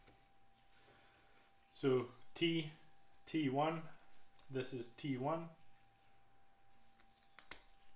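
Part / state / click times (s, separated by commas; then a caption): HT lead boot onto spark plug terminal / seated / 7.4 s, 7.5 s. Someone talks while the T1 HT lead boot is pushed onto its spark plug or coil terminal on a rotary engine. Two sharp, short clicks follow at about 7.4 and 7.5 seconds as the lead clicks on and seats.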